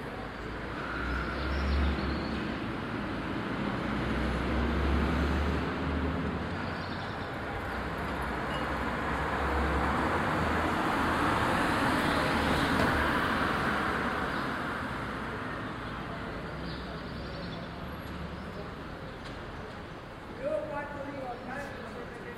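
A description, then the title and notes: A steady wash of morning traffic as trucks and motor scooters pass, swelling to a peak mid-way, with brief bird chirps near the end. Buzzy Getaria Morning. Ambient sound recorded along del Norte, the northern coastal route of the Camino de Santiago network of pilgrimage paths converging in Spain. These tiny meditations are made with binaural microphones. Delivery men unloading, local Getarian chatter, criss-crossing trucks and motor scooters, birdsong.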